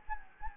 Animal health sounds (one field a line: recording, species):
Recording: mosquito wingbeat signal from an infrared sensor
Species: Anopheles gambiae